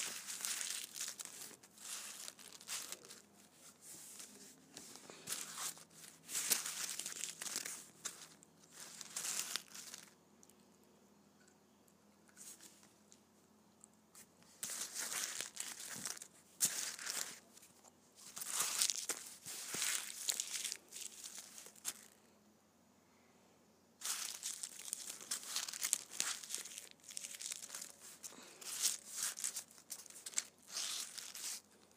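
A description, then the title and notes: Candy wrappers crinkle and crackle in irregular bursts, dense and bright, coming in clusters with short quiet gaps around 10 seconds, 13 seconds and 23 seconds. The crumpling is busiest near 6 to 9, 15 to 21 and 24 to 32 seconds, with a faint low hum underneath. ASMR Candy Wrappers.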